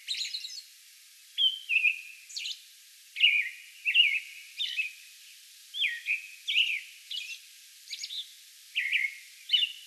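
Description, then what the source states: American robin delivering a run of liquid whistled phrases, alternating lower caroled notes with thin high-pitched squeaks, pausing briefly between groups. Song bout recorded May 11.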